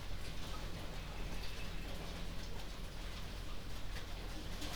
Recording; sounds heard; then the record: poultry house recording; healthy chickens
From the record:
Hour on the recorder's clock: 21